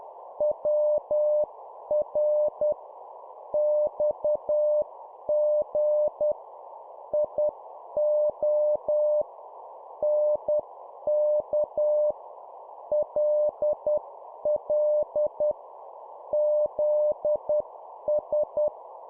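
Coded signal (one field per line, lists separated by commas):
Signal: Morse code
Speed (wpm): 10 wpm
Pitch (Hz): 600 Hz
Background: none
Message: WR XG IO NK LL ZS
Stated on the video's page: Morse drill of two-letter words at 10 wpm.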